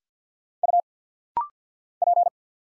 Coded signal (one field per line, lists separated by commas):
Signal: Morse code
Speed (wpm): 48 wpm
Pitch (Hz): 700 Hz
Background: none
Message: U P